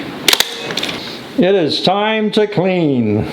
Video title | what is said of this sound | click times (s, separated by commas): The Best 3200pa Self Emptying Mop Combo Robot Vacuum - Verefa V60 M Pro Cleaning Robot | it'll fall right into place it'll click on | 0.3 s